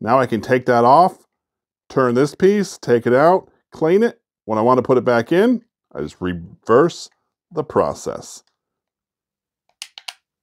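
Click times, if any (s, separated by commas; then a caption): 9.8 s. Someone talks while taking a removable plastic slider piece out of a tumbler lid to clean it and then putting it back in. After a pause, a quick cluster of short clicks is heard, with the loudest sharp snap at 9.8 s as the slider piece seats back into the lid.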